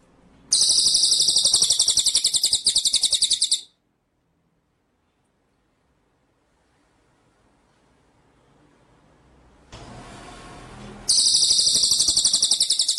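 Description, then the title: White-rumped shama song: a three-second burst of very high, rapid buzzing trill, a long silence, then hiss and another identical high trill beginning. Masteran (training) track of murai batu in full rolling ('ngerol') and 'nembak' song style. "Masteran Murai Batu Full Ngerol Nembak"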